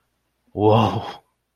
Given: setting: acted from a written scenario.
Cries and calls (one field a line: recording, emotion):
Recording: vocal sound without words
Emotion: adoration